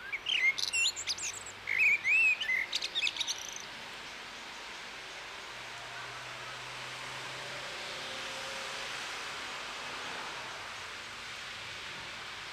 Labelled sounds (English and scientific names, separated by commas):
Common Blackbird (Turdus merula) song